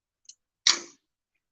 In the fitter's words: and it slides right in so you're going to hear it snap just like a regular frame lid